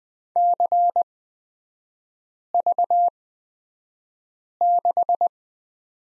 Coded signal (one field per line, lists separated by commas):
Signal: Morse code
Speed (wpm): 20 wpm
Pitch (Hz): 700 Hz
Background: none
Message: CV6